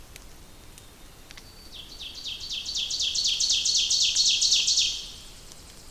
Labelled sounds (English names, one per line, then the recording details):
Ovenbird song
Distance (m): 15 m
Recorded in boreal forest in Alberta, Canada, on 2 June 2016 at 08:06
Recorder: SongMeter 3, array SBT-3-7
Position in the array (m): 259 m, 15 m
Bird 10